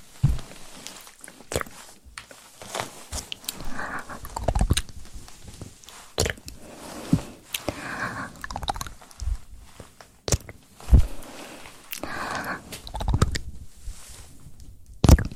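Mouth sounds, wet clicks and smacks, mixed with mic handling: tapping, gripping and swirling rubs. Sharp bright clicks land irregularly every second or so, with louder cracks near 10 and 15 seconds, between murmuring swells of low rumble and soft hiss.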